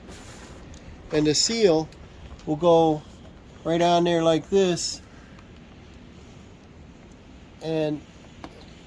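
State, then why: Seated. A reused rubber seal from a mower bagger is pressed onto the newly made circular mount on the bagger chute while someone talks in short bursts over a quiet background. A sharp click at 8.4 s marks the seal snapping into place, and it is seated.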